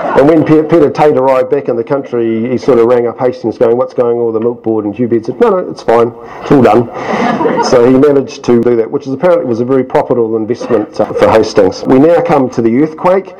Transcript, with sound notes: And when Peter Tait arrived back in the country, he sort of rang up Hastings and said “What’s going on with the Milk Board?” And Hugh Baird says “No, no – it’s fine – it’s all done.” [Chuckles] So he managed to do that, which was… apparently was a very profitable investment for Hastings. We now come to the earthquake.